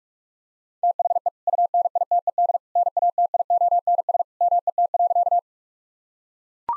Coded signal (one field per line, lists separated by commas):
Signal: Morse code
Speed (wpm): 42 wpm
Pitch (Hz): 700 Hz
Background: none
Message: THE UNITED NATIONS MET.